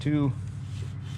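Someone talks briefly while a torque converter with a lubricated snout is worked onto the input shaft and pump of a Turbo 350 transmission from a 1955 Chevy with a small block. A steady low hum continues underneath. Nothing has seated or clicked yet; the converter is still being handled and is not yet home.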